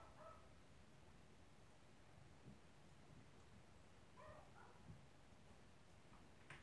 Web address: haagwonen Geluidopnames 2021-05-10 13 00 10 minuten genieten van die hond